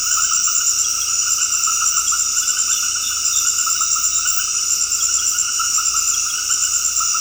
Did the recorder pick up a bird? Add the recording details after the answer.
no. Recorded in dense forest near Puerto Asís, Putumayo, Colombia, on 19 February 2024 at 21:00. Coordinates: 0.485, -76.318. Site G6408